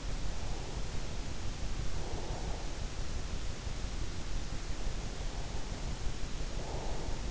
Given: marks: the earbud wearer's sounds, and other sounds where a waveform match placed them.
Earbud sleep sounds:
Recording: sounds in sleep by an in-ear microphone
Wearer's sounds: breath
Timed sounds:
0.32-2.71 s: breath
6.32-7.31 s: breath

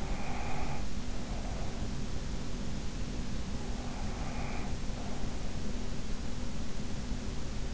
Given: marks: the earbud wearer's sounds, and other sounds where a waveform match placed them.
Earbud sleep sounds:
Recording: sounds in sleep by an in-ear microphone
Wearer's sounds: breath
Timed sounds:
0.00-2.11 s: breath
3.94-5.71 s: breath

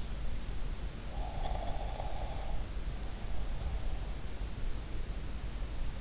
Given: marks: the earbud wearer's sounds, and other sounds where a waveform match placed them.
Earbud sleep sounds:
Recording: sounds in sleep by an in-ear microphone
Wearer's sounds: snoring breath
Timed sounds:
1.17-3.98 s: snoring breath

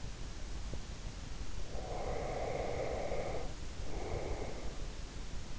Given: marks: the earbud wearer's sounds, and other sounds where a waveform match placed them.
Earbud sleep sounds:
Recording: sounds in sleep by an in-ear microphone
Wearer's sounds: teeth grinding, breath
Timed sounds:
0.64-0.87 s: teeth grinding
1.61-5.04 s: breath

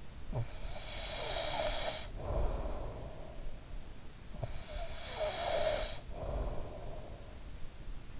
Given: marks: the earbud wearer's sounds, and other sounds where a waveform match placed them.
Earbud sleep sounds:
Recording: sounds in sleep by an in-ear microphone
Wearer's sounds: breath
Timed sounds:
0.00-3.37 s: breath
4.45-7.02 s: breath

